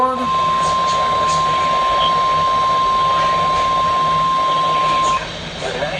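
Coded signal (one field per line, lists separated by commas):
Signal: Emergency Alert System (SAME) tones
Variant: 1050 Hz attention tone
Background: speech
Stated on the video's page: Real alerts from a marginally tornadic severe weather day.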